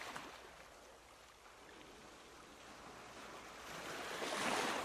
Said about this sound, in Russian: В домике воцарилась тишина. Снаружи доносился шум моря.